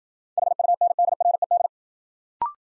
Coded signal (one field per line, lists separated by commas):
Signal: Morse code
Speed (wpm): 53 wpm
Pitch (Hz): 700 Hz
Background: none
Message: HUNDRED